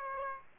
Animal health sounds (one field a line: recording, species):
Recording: mosquito wingbeat signal from an infrared sensor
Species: Aedes aegypti